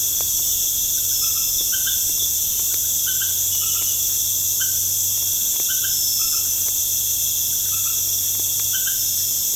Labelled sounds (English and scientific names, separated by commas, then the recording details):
none
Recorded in pastures near Puerto Asís, Putumayo, Colombia, on 23 June 2025 at 19:00
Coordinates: 0.496, -76.326
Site GP01